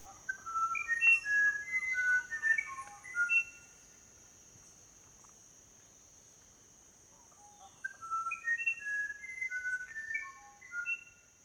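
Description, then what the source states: Musician wren singing two phrases of clear, melodious whistled notes that step up and down in pitch, separated by a pause, over a steady high insect hum. Recorded on the Purus River, Boca do Acre, Amazonas, Brazil, upper Amazon near the Peruvian border.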